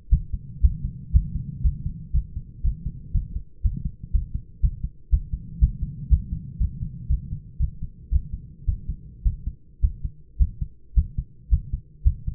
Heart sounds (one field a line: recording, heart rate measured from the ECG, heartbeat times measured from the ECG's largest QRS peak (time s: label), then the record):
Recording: heart sounds by stethoscope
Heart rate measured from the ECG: 116 bpm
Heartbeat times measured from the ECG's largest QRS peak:
0.10 s: heartbeat
0.61 s: heartbeat
1.12 s: heartbeat
1.63 s: heartbeat
2.13 s: heartbeat
2.63 s: heartbeat
3.13 s: heartbeat
3.63 s: heartbeat
4.12 s: heartbeat
4.62 s: heartbeat
5.11 s: heartbeat
5.60 s: heartbeat
6.09 s: heartbeat
6.59 s: heartbeat
7.08 s: heartbeat
7.58 s: heartbeat
8.10 s: heartbeat
8.66 s: heartbeat
9.24 s: heartbeat
9.81 s: heartbeat
10.38 s: heartbeat
10.95 s: heartbeat
11.50 s: heartbeat
12.03 s: heartbeat
From the record:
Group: healthy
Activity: rest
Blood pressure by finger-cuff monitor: 142/68 mmHg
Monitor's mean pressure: 87 mmHg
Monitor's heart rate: 118 bpm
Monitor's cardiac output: 13.1 L/min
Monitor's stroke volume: 112 mL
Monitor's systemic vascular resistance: 490 dyn s/cm5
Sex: male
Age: 24 years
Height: 184 cm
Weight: 89 kg